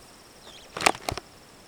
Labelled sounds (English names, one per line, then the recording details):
Superb Starling flight call
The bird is a female
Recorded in Kenya on 17 June 2010
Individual 100, of group SRB2